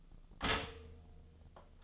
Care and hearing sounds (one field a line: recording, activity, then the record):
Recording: daily activity, microphone in the room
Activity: stop toaster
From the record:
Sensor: 4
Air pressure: 1010.0 hPa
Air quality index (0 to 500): 181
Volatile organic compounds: 5 ppm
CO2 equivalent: 1830 ppm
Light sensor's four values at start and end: 22/67/26/26 and 22/67/26/26